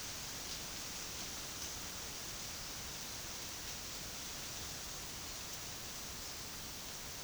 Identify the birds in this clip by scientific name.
none